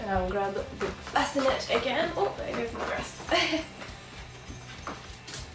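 A Mima Kobi pram's bassinet or seat unit is being handled after the frame has been unfolded, about to go back onto the pram frame's chassis adapters, while someone talks over background music. Nothing has seated or clicked onto the frame yet.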